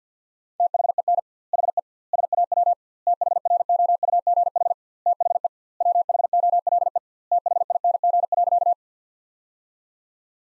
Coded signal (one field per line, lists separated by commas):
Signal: Morse code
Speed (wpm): 50 wpm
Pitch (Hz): 700 Hz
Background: none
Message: THEN HE SAW THROUGH THE WHOLE THING.